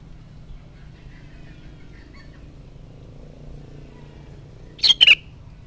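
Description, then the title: Sooty-headed bulbul delivering one quick, warbled, falling phrase near the end after several seconds of quiet low hum. "Kutilang"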